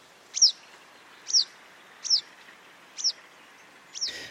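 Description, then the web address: Wagtail giving five sharp, high, down-slurred chirps spaced about a second apart, with a brief rustling noise at the end. "bergeronnette. la balade aux oiseaux"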